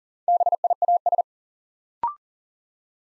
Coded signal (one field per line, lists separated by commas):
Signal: Morse code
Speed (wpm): 40 wpm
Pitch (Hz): 700 Hz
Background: none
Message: BIAS